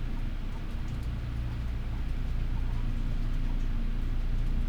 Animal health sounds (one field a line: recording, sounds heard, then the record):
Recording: poultry house recording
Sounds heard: healthy chickens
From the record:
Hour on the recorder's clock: 12